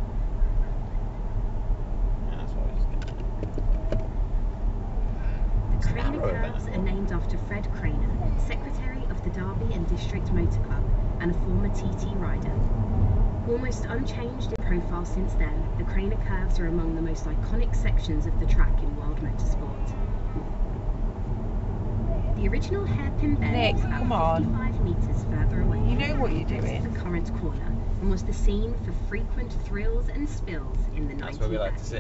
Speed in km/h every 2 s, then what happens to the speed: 63, 64, 66, 66, 66, 66, 68, 68, 66, 66, 60, 58, 56, 52, 45, 40.
0-18 steady at about 66. 18-32 slows to 40.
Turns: 20-27.